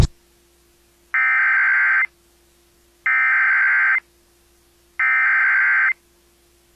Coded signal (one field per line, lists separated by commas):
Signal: Emergency Alert System (SAME) tones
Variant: header bursts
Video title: VERY DANGEROUS STORM INDEED... EAS Alerts from 4/27/21 (EAS #273-276)